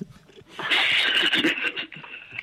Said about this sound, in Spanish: ¿Has pisado un gato